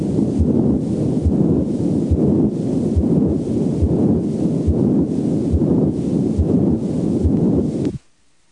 Over the entire left, first, and second intercostal spaces. Its intensity is variable and is correlated roughly with the ductus size. The murmur reaches maximum intensity late in systole and fades during diastole. It has a rough, machinery-like, high-pitched sound that can be heard equally well with the bell or diaphragm of the stethoscope. It begins with, or shortly after, a normal S1, and disappears just before the next S1. A patent ductus arteriosus murmur sounds like this.